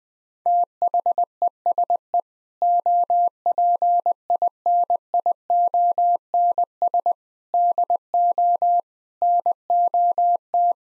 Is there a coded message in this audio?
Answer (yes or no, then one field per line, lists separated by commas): yes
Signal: Morse code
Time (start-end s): 0.5-10.7 s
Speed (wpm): 20 wpm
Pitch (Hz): 700 Hz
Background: none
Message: THESE OPINIONS DO NOT